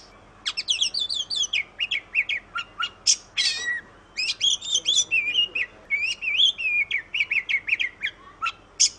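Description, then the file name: Oriental magpie-robin song: busy mix of high trills, scratchy buzzes and warbling whistled phrases that dip and rise, sung continuously with short breaks. Song in the 'gacor ngeplong' style (vigorous, loud, open-voiced singing); offered as a tutor recording for training other birds. "kacer gacor ngeplong"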